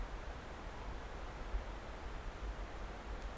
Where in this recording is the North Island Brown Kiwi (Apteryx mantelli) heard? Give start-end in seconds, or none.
none